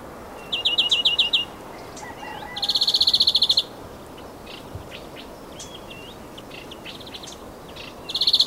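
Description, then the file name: European greenfinch trill call: rapid high twittering trills of evenly spaced notes, three bursts about a second long with gaps between, the last cut off at the end, faint chirps and steady background hiss. "Chloris chloris"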